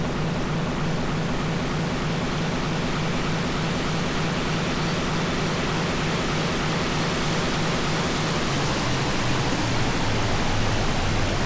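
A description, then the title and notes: Radio static recorded during a lunar eclipse: a dense, unbroken hiss that fills everything from deep rumble to bright fizz. A low, buzzing hum sits underneath, and the level stays almost perfectly even, with only a slight shift in the hum near the end. More radiowave exploration during the lunar eclipse.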